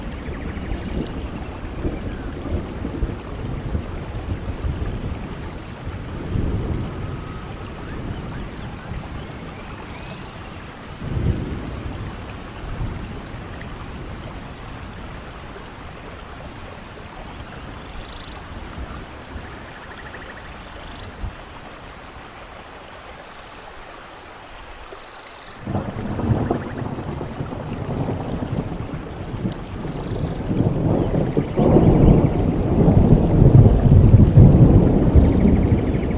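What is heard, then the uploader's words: A thunderstorm in a rainforest, with steady heavy rain hissing throughout and deep rumbles of thunder rolling in at the start, around 11 seconds, and again from about 26 seconds, building louder toward the end. Faint bird or animal calls chirp occasionally above the rain. The sounds of a thunderstorm in a rainforest, featuring the sounds of heavy rain, rumbling thunder, birdsong, and other nocturnal rainforest animals. Calming rainforest ambiance: Heavy rain and thunder.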